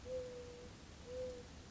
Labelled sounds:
Mourning Dove

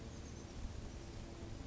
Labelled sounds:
Oak Titmouse

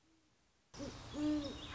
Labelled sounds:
Great Horned Owl

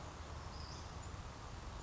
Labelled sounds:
Western Flycatcher

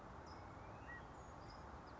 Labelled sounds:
California Towhee

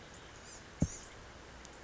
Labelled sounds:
Blue-gray Gnatcatcher

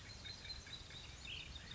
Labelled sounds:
Ash-throated Flycatcher

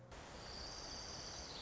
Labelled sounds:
Orange-crowned Warbler

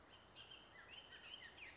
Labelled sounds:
Bullock's Oriole

